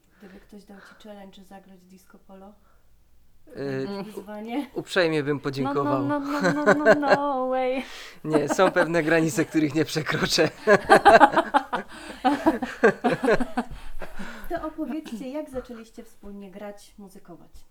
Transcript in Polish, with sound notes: Gdyby ktoś dał ci challenge zagrać disco polo.
Uprzejmie bym podziękował.
No, no, no, no way (śmiech)
Są pewne granice których nie przekroczę (śmiech)
To opowiedzcie, jak zaczęliście wspólnie grać, muzykować?